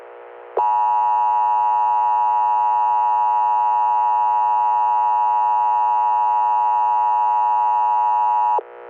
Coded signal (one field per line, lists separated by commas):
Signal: Emergency Alert System (SAME) tones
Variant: 853 and 960 Hz attention tone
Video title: EAS during the 9/11 attacks | Historical EAS Scenario